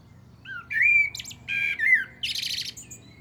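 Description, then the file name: Common blackbird song phrase: mellow fluted notes sliding up and down, followed by a dense, high-pitched scratchy twitter. "Turdus merula"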